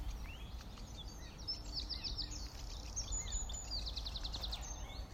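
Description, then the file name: Common nightingale song: quick series of high, repeated notes and short trills, some in fast rhythmic bursts, against constant low background noise. "Luscinia megarhynchos"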